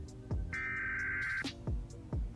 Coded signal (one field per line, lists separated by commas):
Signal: Emergency Alert System (SAME) tones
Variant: header bursts